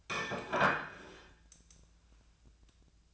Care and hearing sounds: daily activity, microphone in the room; place plate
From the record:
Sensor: 2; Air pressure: 1009.2 hPa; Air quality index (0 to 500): 186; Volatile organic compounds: 11 ppm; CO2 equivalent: 2310 ppm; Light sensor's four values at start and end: 21/51/22/24 and 21/52/22/24

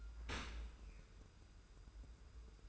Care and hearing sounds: daily activity, microphone in the room; open dishwasher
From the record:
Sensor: 2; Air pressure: 990.4 hPa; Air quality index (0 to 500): 210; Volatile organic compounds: 1000 ppm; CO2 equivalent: 6754 ppm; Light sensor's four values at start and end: 29/68/28/28 and 29/68/28/28

